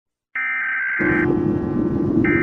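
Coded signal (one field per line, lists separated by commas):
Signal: Emergency Alert System (SAME) tones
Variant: header bursts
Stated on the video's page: Fictional EAS scenario.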